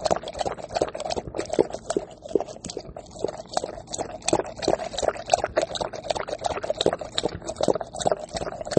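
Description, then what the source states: Dog lapping steadily at water, fast wet taps and slurps throughout, like small rhythmic splashes without pause. Puppy, thirsty, drinking water; dated Jan 11, 2020.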